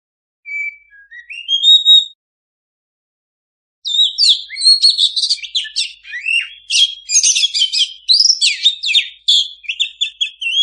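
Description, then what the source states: Oriental magpie-robin song beginning with a rising whistled phrase, then after a pause a long, fast, dense stream of chirps, trills and varied whistles. Singing kacer (Oriental magpie-robin) in gacor full-song condition; master recording meant for owners of kacer that do not sing.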